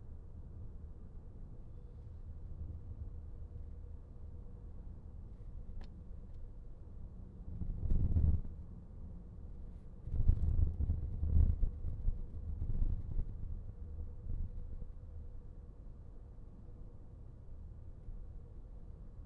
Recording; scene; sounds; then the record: everyday scene through a hearing-aid microphone; in a vehicle; engine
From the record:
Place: VW T5 Caravelle, diesel engine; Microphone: behind the ear, right, rear